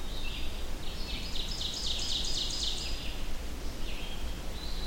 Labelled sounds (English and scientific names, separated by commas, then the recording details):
Ovenbird (Seiurus aurocapilla) song
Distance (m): 45 m
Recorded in boreal forest in Alberta, Canada, on 25 June 2016 at 08:46
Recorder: SongMeter 3, array SBT-6-76
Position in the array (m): 34 m, 109 m
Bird 2